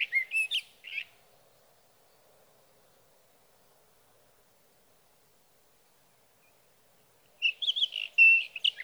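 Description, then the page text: Sage thrasher song, a short burst of warbled notes, then about six seconds of silence before another rapid, jumbled phrase resumes. Male singing at night near his night roost in Sierra Valley, California, evening June 12 to morning June 15, 2018; recorded with a Swift recorder. "61. Sage thrasher songs, through the night."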